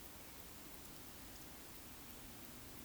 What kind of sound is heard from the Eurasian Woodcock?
whistle